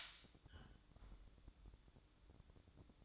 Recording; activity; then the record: daily activity, microphone in the room; close fridge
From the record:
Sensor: 3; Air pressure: 1007.8 hPa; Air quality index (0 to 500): 77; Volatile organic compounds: 1 ppm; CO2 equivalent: 662 ppm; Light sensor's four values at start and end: 12/28/12/12 and 12/28/12/12